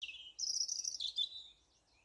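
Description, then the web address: European robin song: a short burst of high, thin warbling notes, shifting quickly in pitch, with a brief pause before a brighter sweeping phrase. "Deverinetal 2025"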